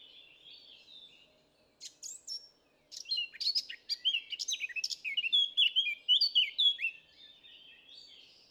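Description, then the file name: Eurasian blackcap song: a quiet start, then scratchy chattering notes, then a rich run of fast, varied warbling and clear fluty whistled phrases. "Sylvia atricapilla"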